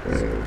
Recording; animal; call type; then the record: contact call of a hoofed animal; wild boar; grunt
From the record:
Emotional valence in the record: negative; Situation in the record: naturally occurring agonistic interactions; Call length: 0.46 s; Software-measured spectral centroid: 1490 Hz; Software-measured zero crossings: 980 a second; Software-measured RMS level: -24 dBFS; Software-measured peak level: -11 dBFS